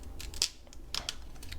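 On a homemade string-powered toy blaster, the second elastic band is brought down and snaps into place on its hook with a sharp click at 0.4 s. Other short ticks and rustles come before and after it, near 0.2, 1.0, 1.1 and 1.5 s. The band is seated.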